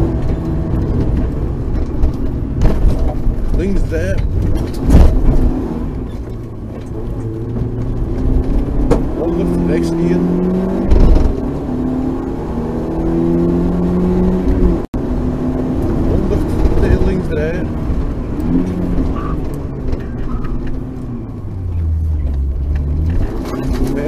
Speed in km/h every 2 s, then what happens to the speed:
50, 27, 34, 37, 55, 70, 83, 91, 89, 41, 22, 32.
0-5 slows to 34. 5-15 speeds up to 91. 15-19 brakes to 22. 21-24 speeds up to 32.